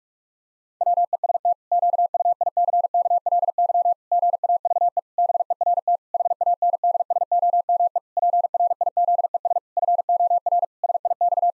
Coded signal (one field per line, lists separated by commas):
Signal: Morse code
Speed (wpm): 46 wpm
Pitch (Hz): 700 Hz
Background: none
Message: WEST QUICKLY GAVE BERT HANDSOME PRIZES FOR SIX